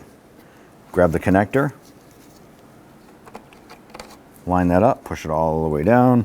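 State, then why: Not seated. Someone talks while a tail light wiring connector for a 1999–2004 Jeep Grand Cherokee is grabbed and lined up with the socket on the new tail light housing, with soft handling clicks and taps between about 3.3 and 4.4 seconds. Nothing has seated or clicked into place yet.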